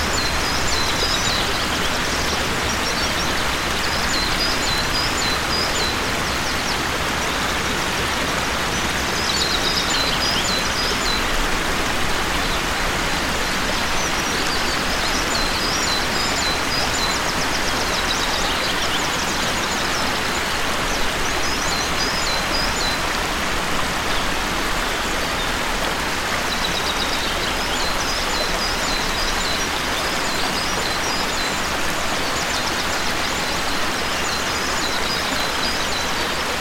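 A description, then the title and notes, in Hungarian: An awakening forest: a steady, dense hiss like rain or running water, with faint high bird chirps rising in brief clusters every few seconds. Ébredő erdő.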